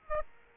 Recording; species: mosquito wingbeat signal from an infrared sensor; Aedes aegypti